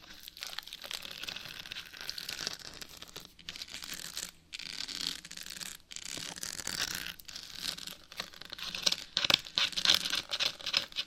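Scratching runs almost continuously, a dense, bright, rasping noise with a crinkly, papery edge. It comes in rough strokes broken by short pauses around 3, 4.5, 6, 7 and 9 seconds, and grows sharper and more uneven toward the end.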